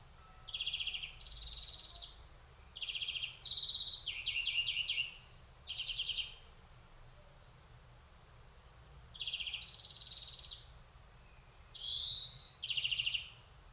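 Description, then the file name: European greenfinch giving clusters of trilled notes and buzzy rising wheezes in two bouts with a pause between them. "Chloris chloris"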